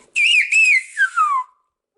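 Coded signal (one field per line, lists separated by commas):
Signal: whistled language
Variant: Silbo herreño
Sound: one short gliding whistle rising and wavering, then dropping in pitch to a low end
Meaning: Keep still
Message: estate quieto (tatequieto)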